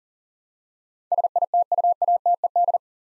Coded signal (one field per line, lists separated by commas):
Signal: Morse code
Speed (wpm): 40 wpm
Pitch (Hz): 700 Hz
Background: none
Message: SITUATED